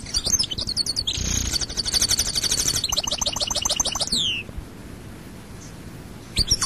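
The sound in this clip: European goldfinch song: a rolling, buzzy trill with liquid twitters, ending in a falling slur, then a pause and a fresh twitter.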